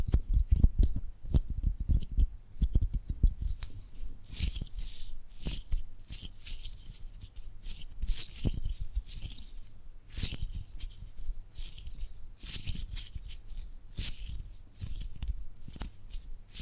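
Close, dry tapping and gripping sounds fill a small room, with quick clicks and crisp scratchy strokes repeating irregularly throughout. The first few seconds carry heavier, low thumps, then the rest settles into lighter, bright, rustling grips and taps that come every second or so.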